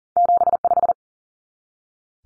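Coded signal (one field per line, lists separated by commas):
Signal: Morse code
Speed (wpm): 40 wpm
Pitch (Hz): 700 Hz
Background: none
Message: 75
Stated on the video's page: Two-digit cut numbers sent at 40 wpm for head-copy practice, each sent in Morse, spoken, then sent again.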